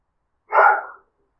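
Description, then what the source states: Dog giving a single short, muffled bark, otherwise silence. Dog barking in the distance.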